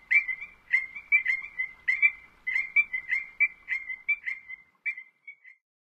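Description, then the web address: Strecker's chorus frog calling with a rapid series of sharp, bell-like notes, fading out toward the end. North America. "Songs of Frogs Toads of North America. Streckers Chorus Frog"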